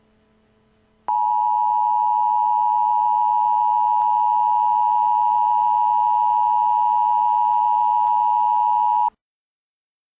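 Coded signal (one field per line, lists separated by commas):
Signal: Emergency Alert System (SAME) tones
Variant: 853 and 960 Hz attention tone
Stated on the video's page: Real tornado warning with audio from the actual alert.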